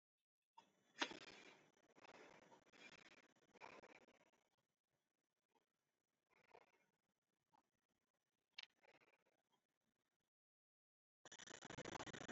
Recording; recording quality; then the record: shallow breathing; moderate, slight background noise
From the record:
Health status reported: exposed to COVID-19, no respiratory illness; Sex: male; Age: 31 years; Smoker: no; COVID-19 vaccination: both doses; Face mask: not worn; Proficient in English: yes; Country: India